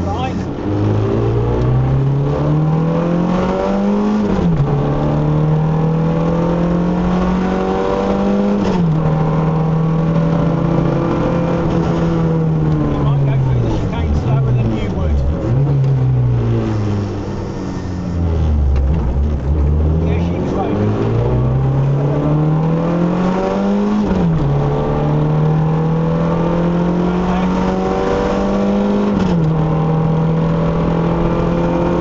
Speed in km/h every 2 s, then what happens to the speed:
47, 68, 81, 97, 103, 103, 63, 37, 24, 27, 47, 68, 81, 93, 101, 111.
0-10 speeds up to 103. 10-17 brakes to 24. 17-32 speeds up to 111.